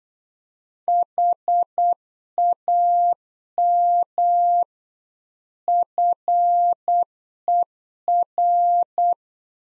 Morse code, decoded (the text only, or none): HAM FER